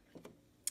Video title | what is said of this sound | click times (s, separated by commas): Threading the Brother 1034d Serger | push back the arrow until it clicks in and those 2 arrows are lined up. | 0.7 s